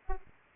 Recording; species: mosquito wingbeat signal from an infrared sensor; Aedes aegypti